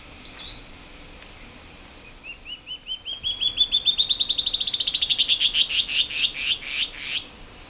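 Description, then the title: Band-tailed antbird singing a rapid run of clipped notes that climbs steadily in pitch and accelerates, then loosens into slower, broader notes at the close. "LuckyPassaro Completos2Sama. Band-tailed Antbird (Hypocnemoides maculicauda)"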